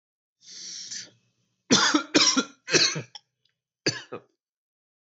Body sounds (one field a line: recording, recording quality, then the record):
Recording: heavy voluntary cough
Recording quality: excellent, no background noise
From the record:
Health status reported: COVID-19 positive, mild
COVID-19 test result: positive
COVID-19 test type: RT-PCR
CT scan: not taken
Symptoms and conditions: cough, cold, fever, fatigue, muscle pain, loss of smell and taste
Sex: male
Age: 27 years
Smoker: no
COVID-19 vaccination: both doses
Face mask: not worn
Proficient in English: yes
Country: India